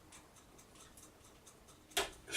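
A 24-pin ATX power cable, turned so its plastic clip lines up, is pushed into the motherboard power socket over faint, quiet ticking. A sharp, bright click at 2.0 s marks the clip latching, and the connector is seated. A second rise in sound follows right at the end.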